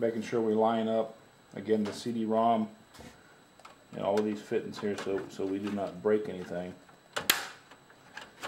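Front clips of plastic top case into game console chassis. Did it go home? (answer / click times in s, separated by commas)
yes / 7.3 s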